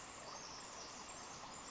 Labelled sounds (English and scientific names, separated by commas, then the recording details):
Pacific Wren (Troglodytes pacificus)
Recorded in Sonoma County, California